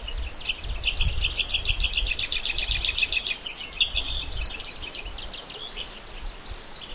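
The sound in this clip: Bluethroat song: a rapid, rattling series of high repeated notes followed by sharper twittering phrases, with low rumbling noise underneath.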